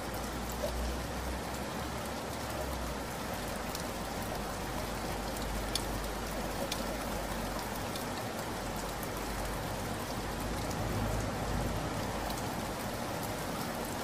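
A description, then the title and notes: Rain falls steadily for the whole fourteen seconds, a dense, even hiss with no pause or swell. Sharp little ticks of drops hitting a surface stand out now and then, and a faint low rumble runs underneath. Relaxing rain sounds.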